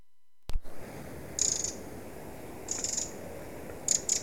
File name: Troglodytes troglodytes